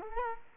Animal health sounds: mosquito wingbeat signal from an infrared sensor; Culex quinquefasciatus

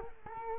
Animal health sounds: mosquito wingbeat signal from an infrared sensor; Culex quinquefasciatus

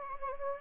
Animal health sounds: mosquito wingbeat signal from an infrared sensor; Anopheles gambiae

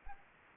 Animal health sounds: mosquito wingbeat signal from an infrared sensor; Anopheles gambiae

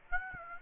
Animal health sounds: mosquito wingbeat signal from an infrared sensor; Aedes aegypti

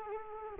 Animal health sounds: mosquito wingbeat signal from an infrared sensor; Culex quinquefasciatus

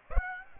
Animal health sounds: mosquito wingbeat signal from an infrared sensor; Aedes aegypti

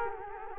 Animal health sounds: mosquito wingbeat signal from an infrared sensor; Culex quinquefasciatus

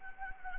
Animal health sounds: mosquito wingbeat signal from an infrared sensor; Anopheles arabiensis

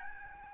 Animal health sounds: mosquito wingbeat signal from an infrared sensor; Aedes albopictus

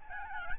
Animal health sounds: mosquito wingbeat signal from an infrared sensor; Aedes albopictus

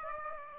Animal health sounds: mosquito wingbeat signal from an infrared sensor; Aedes aegypti

